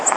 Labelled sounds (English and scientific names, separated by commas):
Golden-cheeked Warbler (Setophaga chrysoparia) flight call